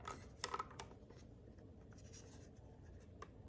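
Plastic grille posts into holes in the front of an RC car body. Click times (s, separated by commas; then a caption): 0.4 s. A plastic grille, already fitted with headlights and indicators, is pressed so its locating posts go into small holes at the front of a hard Injora Jeep Cherokee body for a Traxxas TRX-4M Bronco RC crawler. Soft scratchy handling sounds include a sharp snap at 0.4 s, with a few smaller ticks just after and a light tap near 3.2 s. The grille posts snap in and the grille is seated.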